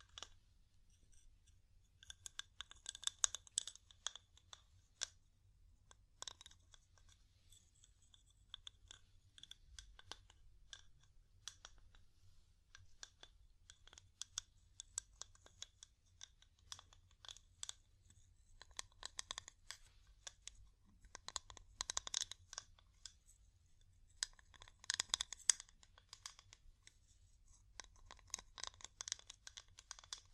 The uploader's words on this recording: ASMR Calming Wood Tapping (No Talking).